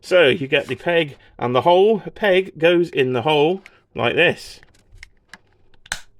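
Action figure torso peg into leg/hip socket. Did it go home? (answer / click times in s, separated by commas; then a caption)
yes / 5.9 s. Someone talks while pushing the build-a-figure torso of a plastic WWE Elite Golga action figure onto the leg section's peg-and-hole joint. A few small clicks and taps follow, ending in a sharp, solid click at 5.9 s as the torso peg seats into the leg/hip socket.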